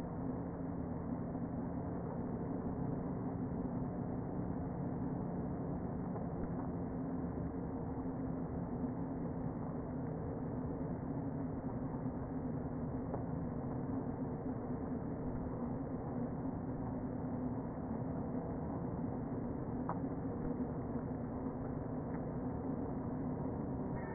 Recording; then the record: honeybee colony, microphone inside the hive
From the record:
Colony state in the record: queen present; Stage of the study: before two queens were removed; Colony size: about 60,000 bees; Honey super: yes